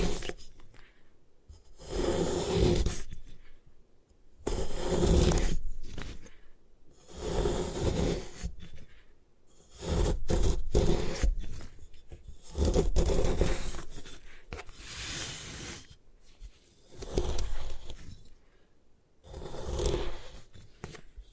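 Gym chalk is crushed and crumbled in repeated bursts, each lasting a second or two and coming roughly every two to three seconds. Each burst is a gritty, hissing crunch with dull low thumps, separated by short near-silent pauses.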